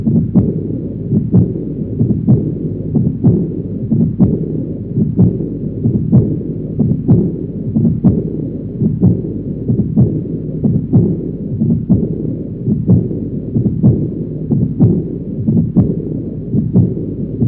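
Regular adult heartbeats at about 60 a minute, each with a sharp click, joined by a continuous low whooshing that fills the gaps between beats: an aortic regurgitation murmur, blood leaking back through the aortic valve.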